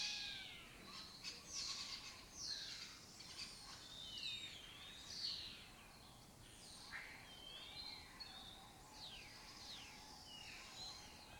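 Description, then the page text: Lesser kestrel calls: many overlapping high, sharp, slurred notes and short chatters at an irregular pace, over a steady hiss. Breeding colony in an abandoned building complex in Doñana; migratory raptor that forages in West Africa and breeds in southern Europe. "Lesser Kestrels Took Over an Abandoned Building. A migratory raptor wich spends its foraging time in West Africa and breeds in southern Europe. Here in Doñana"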